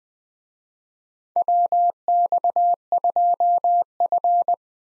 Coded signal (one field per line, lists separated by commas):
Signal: Morse code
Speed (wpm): 20 wpm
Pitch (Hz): 700 Hz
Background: none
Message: WX2F